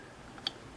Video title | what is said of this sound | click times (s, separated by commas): SINGER 329K W/ INSIDE OUT TOUR, BOBBIN WIND, NEEDLE THREADING, 7-LAYER SEWING | against there you hear it click in like that | 0.5 s